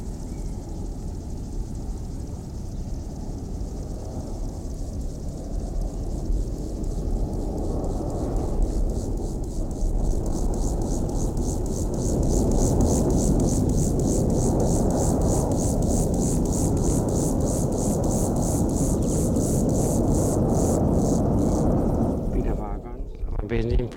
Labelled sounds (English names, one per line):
Upland Field Grasshopper stridulation